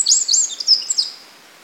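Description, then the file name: Eurasian wren giving a quick burst of very high, sharp, jumbled notes lasting about a second, then fading into quiet background hiss. "Troglodytes troglodytes"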